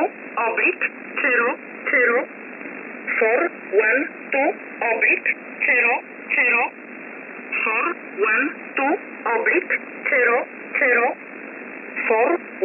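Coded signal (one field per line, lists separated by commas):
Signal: numbers station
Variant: E11 Oblique, English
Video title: 10 05 2021 Number station E11 Oblique in English to Eu 0450 on 7469 unknown tx site in USB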